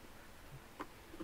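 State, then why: Seated. A brass clock barrel is slid over a mainspring held in a winder sleeve and turned until its hook slips behind the sleeve and catches. Against a faint background hiss, a single short, sharp click sounds at 0.8 s, with a softer knock near the end. The barrel hook is seated behind the sleeve.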